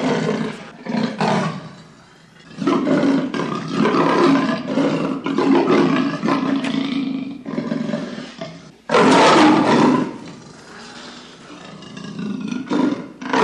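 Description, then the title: Leopard growling, harsh rasping snarls in bursts with short pauses, rising to a loud roaring growl about two-thirds of the way through, then rumbling on more quietly. Furious growling of a leopard. "El Grunido Furioso De Un Leopardo. Злое рычание леопарда"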